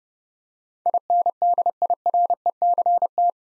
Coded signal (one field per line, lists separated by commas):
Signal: Morse code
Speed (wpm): 30 wpm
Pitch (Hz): 700 Hz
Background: none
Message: INDIRECT